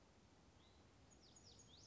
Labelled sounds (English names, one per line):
Hutton's Vireo